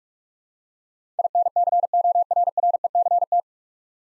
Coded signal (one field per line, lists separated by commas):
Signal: Morse code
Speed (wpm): 44 wpm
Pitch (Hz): 700 Hz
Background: none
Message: INCORRECT